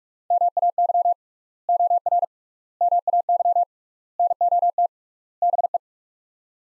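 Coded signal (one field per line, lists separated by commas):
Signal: Morse code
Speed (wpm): 45 wpm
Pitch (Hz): 700 Hz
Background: none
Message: MAY OR MAY NOT BE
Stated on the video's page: Morse practice of sets of five words at 45 wpm with 3x word spacing, a Farnsworth-like method for head-copying drills.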